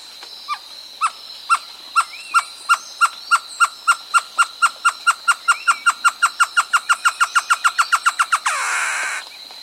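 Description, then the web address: Great antshrike call: a long accelerating series of hollow notes, evenly spaced at first and then tumbling faster, ending in a harsh nasal snarl. South America. "Natures Songs S America Great Antshrike"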